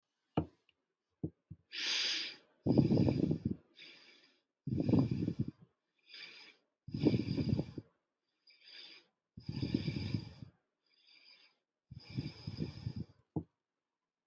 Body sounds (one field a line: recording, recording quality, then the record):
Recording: shallow breathing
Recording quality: excellent, no background noise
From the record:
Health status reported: healthy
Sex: male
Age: 26 years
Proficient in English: yes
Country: India